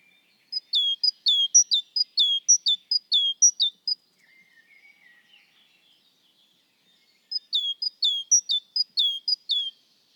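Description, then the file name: Great tit song: a quick burst of sharp, bright two-note phrases repeated several times, a pause with faint thin notes, then another burst of the same phrases. "Parus major"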